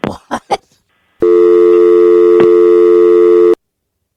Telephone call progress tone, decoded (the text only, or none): dial tone